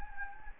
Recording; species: mosquito wingbeat signal from an infrared sensor; Anopheles gambiae